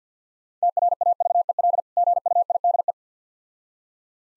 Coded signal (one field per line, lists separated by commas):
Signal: Morse code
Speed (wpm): 50 wpm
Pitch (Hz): 700 Hz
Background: none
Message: TRAVEL GUIDE